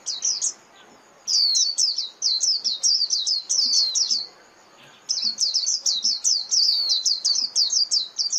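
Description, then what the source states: White-eye twittering, bursts of fast, evenly spaced high chips in lively strings, separated by brief silences. Lure call used to attract white-eyes for trapping (tiếng khuyên mồi).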